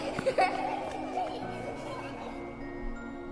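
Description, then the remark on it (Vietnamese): A group of playing children chant together a rhyme about an elephant in a steady, sing-song rhythm, lively and fairly loud, then trail off into a quieter, thinner hum near the end. “Cái bóng áo trắng nhìn bọn trẻ con chơi đùa như vậy thì cũng cười khanh khách.”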